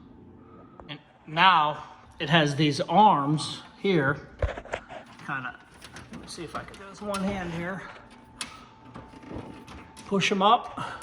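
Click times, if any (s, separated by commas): none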